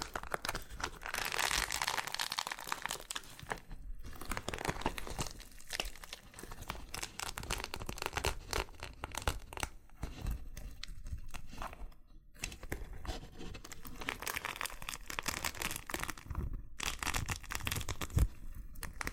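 Loofah triggers: dense, crinkly scratching and rough peeling sounds run nearly the whole time, with bright rustling bursts that come and go. Brief near-silent gaps break the texture around 4, 12 and 16–17 seconds, and a sharp pop lands just after 18 seconds.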